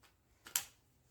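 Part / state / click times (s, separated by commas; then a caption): plastic hose quick connector onto tap adapter / seated / 0.6 s. A plastic quick-connect hose coupling is pushed onto a tap adapter and snaps into place. A softer knock at 0.5 s leads into a sharp, bright click at 0.6 s that decays quickly. The connector is seated on the tap.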